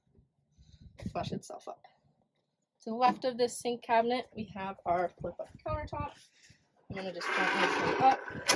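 Someone talks while the flip-up countertop left of the sink cabinet in a Roameo 159" Luxury Travel Suite camper van is handled, and a broad rushing handling noise fills the last couple of seconds. The folding countertop support latch has not caught or clicked yet; nothing has seated.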